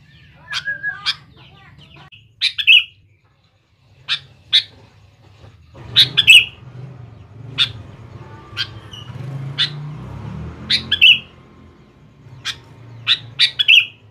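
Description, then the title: Sooty-headed bulbul calling repeatedly: short sharp chirps and brief phrases ending in slurred whistles, scattered throughout, with a low rumble in the middle section. "Kutilang"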